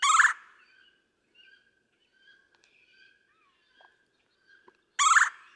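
Red-bellied woodpecker sounding a rough rolling churr at the start and again about five seconds later, with faint thin bird whistles between.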